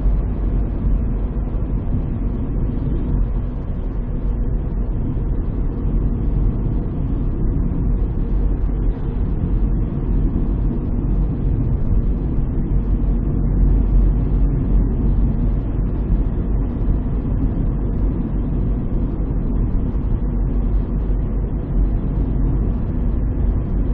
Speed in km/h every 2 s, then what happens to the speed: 55, 53, 51, 50, 50, 52, 52, 53, 54, 53, 53, 55.
0-24 steady at about 53.